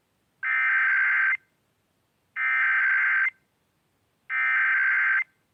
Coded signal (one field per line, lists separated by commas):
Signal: Emergency Alert System (SAME) tones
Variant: header bursts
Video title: 10/4/22 Massachusetts Monthly Test On WBZ-FM EAS #247